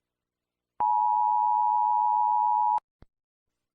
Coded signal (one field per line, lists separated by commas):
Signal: Emergency Alert System (SAME) tones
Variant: 853 and 960 Hz attention tone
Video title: EAS Scenario - The Great Earthquake (1977)